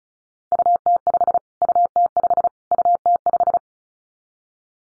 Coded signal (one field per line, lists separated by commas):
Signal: Morse code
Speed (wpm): 34 wpm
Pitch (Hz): 700 Hz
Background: none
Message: UT5 UT5 UT5